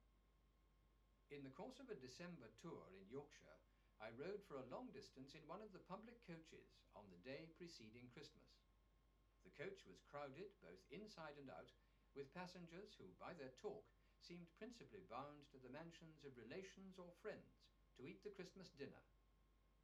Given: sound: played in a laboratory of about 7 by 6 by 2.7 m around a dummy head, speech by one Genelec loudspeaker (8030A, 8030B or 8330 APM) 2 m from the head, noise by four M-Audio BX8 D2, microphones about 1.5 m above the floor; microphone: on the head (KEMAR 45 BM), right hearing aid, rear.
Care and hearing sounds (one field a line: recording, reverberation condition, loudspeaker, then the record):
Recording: male speech in English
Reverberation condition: low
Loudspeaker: 60 degrees to the right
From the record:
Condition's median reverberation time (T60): about 310 ms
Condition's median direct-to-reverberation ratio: about 3.5 dB